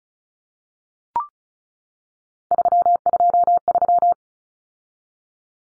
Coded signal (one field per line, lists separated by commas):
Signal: Morse code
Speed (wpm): 34 wpm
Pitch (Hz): 700 Hz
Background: none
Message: 323